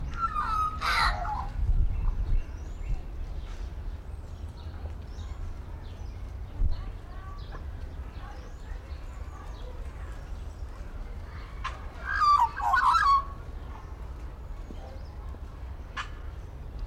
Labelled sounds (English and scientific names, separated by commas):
Australian Magpie (Gymnorhina tibicen)